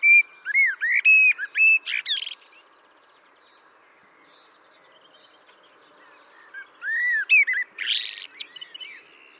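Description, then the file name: Common blackbird with two song phrases, each of low fluty whistles running into a high, scratchy twittering end, with a long quiet pause between them. "Turdus merula"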